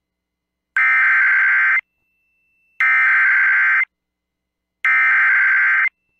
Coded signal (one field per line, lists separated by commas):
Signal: Emergency Alert System (SAME) tones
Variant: header bursts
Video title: EAS Timeline Montana, North Dakota and South Dakota Severe Weather Outbreak NOAA Weather Radio